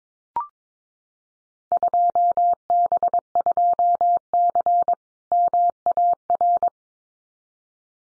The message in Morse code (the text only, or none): 2B2C MAR